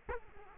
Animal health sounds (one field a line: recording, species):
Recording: mosquito wingbeat signal from an infrared sensor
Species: Culex quinquefasciatus